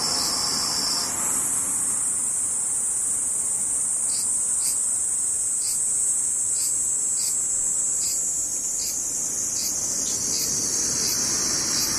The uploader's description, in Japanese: セミ